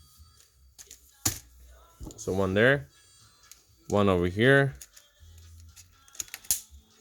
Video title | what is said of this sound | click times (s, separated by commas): Review (6 Pack) Barrina LED T5 Integrated Single Fixture, 4FT, 6500K (Super Bright White), 20W | there it is snap right in place and they're on | 6.5 s